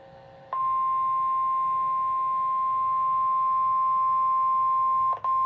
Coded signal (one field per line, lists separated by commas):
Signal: Emergency Alert System (SAME) tones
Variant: 1050 Hz attention tone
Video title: 5/23/26 Flash Flood Warning for Brazoria and Galveston Counties (EAS #50)